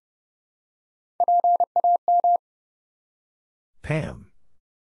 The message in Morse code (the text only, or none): PAM